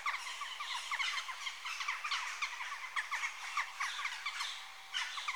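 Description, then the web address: Jackdaws calling in a group, quick squeaky chacks in a steady jumble. Adult birds. "BBC Sound Effects Library (Birds) Jackdaw (Corvus Monedula) Adults"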